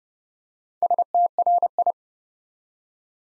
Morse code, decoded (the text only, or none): STRI